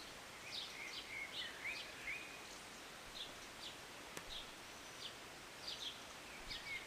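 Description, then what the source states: Birds chirping, quick high notes mixed with short whistled slides near the start, over rain hiss and one sharp click midway. Birds singing and chirping on a Sunday morning during short rain, heard from a city balcony.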